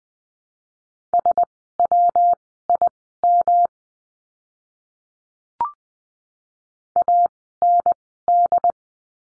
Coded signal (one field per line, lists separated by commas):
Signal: Morse code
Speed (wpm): 20 wpm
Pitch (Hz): 700 Hz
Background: none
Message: SWIM AND